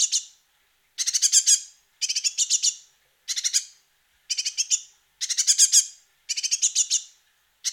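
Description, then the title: Great tit chicks producing high, buzzy chirp bursts about once per second, each a fast run of notes fading at the end. "Sylvain Jaskowiak - Mes piafs. Mésange charbonnière - Poussins"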